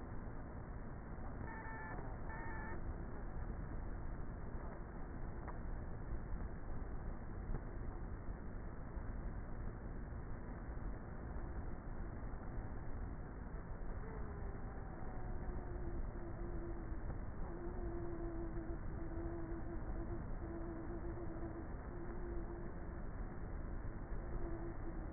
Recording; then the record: honeybee colony, microphone inside the hive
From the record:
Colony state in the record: queenless with a low population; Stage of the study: before two queens were removed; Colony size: about 30,000 bees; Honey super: no